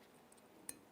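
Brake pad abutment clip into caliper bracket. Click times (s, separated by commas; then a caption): 0.7 s. A metal brake pad abutment clip is pressed into the front caliper bracket of a 2014–2019 Toyota Corolla, with its flat tab on the bottom side. After a faint tick at 0.3 s, it snaps in with a single sharp click at 0.7 s, and the clip is seated.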